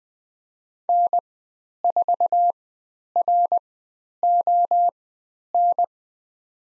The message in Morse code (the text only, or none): N4RON